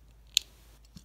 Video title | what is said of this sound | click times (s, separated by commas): Moates G1 Installation | you apply light pressure it snaps into place | 0.4 s